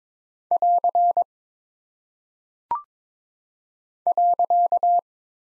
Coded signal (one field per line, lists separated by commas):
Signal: Morse code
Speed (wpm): 22 wpm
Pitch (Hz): 700 Hz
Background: none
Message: <AR> .